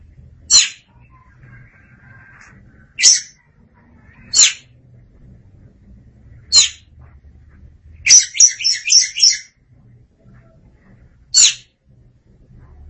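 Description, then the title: Oriental magpie-robin giving single rasping high notes a few seconds apart, with one fast run of buzzy notes between them. "Suara Kicauan Burung Kacer Durasi Panjang"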